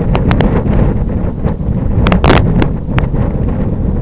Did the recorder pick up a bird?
no